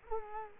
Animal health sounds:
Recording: mosquito wingbeat signal from an infrared sensor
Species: Culex quinquefasciatus

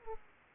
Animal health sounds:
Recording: mosquito wingbeat signal from an infrared sensor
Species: Aedes aegypti

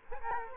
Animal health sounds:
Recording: mosquito wingbeat signal from an infrared sensor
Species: Culex quinquefasciatus

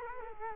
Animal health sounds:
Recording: mosquito wingbeat signal from an infrared sensor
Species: Culex quinquefasciatus

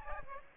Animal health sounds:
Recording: mosquito wingbeat signal from an infrared sensor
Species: Aedes aegypti

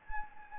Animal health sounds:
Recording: mosquito wingbeat signal from an infrared sensor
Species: Anopheles gambiae

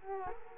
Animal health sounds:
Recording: mosquito wingbeat signal from an infrared sensor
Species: Culex quinquefasciatus

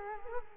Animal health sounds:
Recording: mosquito wingbeat signal from an infrared sensor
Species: Culex quinquefasciatus

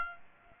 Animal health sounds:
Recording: mosquito wingbeat signal from an infrared sensor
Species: Aedes aegypti

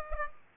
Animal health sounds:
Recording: mosquito wingbeat signal from an infrared sensor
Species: Aedes aegypti

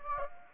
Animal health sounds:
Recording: mosquito wingbeat signal from an infrared sensor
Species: Anopheles gambiae

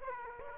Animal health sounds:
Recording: mosquito wingbeat signal from an infrared sensor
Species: Aedes aegypti

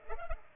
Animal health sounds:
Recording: mosquito wingbeat signal from an infrared sensor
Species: Culex pipiens

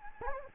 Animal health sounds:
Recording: mosquito wingbeat signal from an infrared sensor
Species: Anopheles gambiae

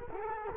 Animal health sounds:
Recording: mosquito wingbeat signal from an infrared sensor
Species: Culex quinquefasciatus

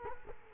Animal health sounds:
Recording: mosquito wingbeat signal from an infrared sensor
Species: Culex quinquefasciatus

